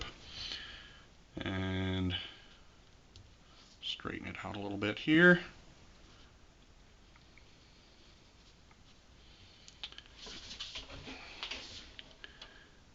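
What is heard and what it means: A watch band is straightened and its spring bar is lined up against the watch case lugs, then pressed toward the lug while someone talks. Light handling clicks and rustles are heard, but the spring bar has not snapped into place yet.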